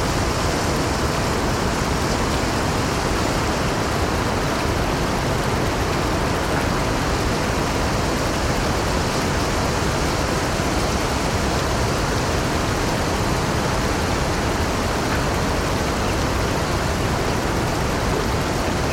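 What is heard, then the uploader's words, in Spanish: A stream runs in a steady, unbroken rush, its dense wash of water filling everything from a low rumble up to a bright hiss. The level holds even for the whole stretch, with no separate splashes or other sounds standing out. Un arroyo rural tranquilo fluye suavemente a través del jardín, su murmullo rítmico teje un patrón hipnótico.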